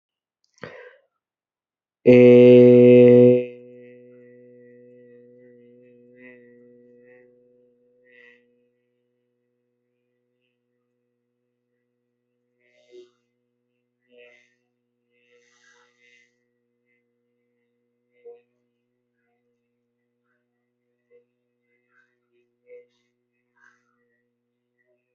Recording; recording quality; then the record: sustained vowel as in made; excellent, no background noise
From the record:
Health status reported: healthy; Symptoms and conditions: none ticked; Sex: male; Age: 23 years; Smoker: not ticked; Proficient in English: yes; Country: India